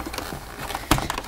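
A new plastic clutch assembly is lined up with its groove and pushed back into the upright base of a Dyson DC04 bagless vacuum cleaner during a clutch replacement. A few faint taps and handling noises lead up to a sharp, loud click at 0.9 s as the clutch locks into place, followed by a few lighter knocks. The clutch assembly is seated.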